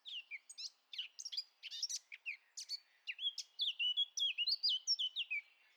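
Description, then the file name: Eurasian blackcap song: a brisk, jumbled twittering that breaks into a clear, loud flourish of whistled notes, each dropping in pitch. "Sylvia atricapilla"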